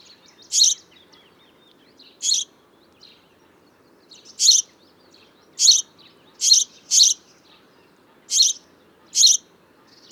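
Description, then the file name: House sparrow calling, a series of short harsh chirps at irregular intervals, sometimes in quick pairs, over a quiet low background noise. "Passer domesticus"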